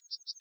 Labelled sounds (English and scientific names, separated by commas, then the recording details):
Yellowhammer (Emberiza citrinella) song
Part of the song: start
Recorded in the Czech Republic on 5 July 2013
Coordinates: 50.381, 13.434
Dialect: BD
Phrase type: B23
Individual 314866